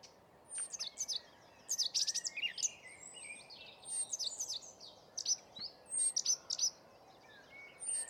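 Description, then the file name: Common nightingale: bird song of varied high, thin notes and short twittering bursts, delivered in irregular phrases with brief pauses between them. "Luscinia megarhynchos"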